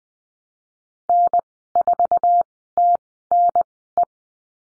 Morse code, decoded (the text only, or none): N4TNE